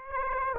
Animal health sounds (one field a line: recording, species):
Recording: mosquito wingbeat signal from an infrared sensor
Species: Aedes aegypti